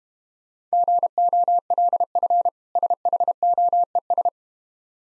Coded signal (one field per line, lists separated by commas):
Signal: Morse code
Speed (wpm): 32 wpm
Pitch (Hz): 700 Hz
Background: none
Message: GOLF SHOES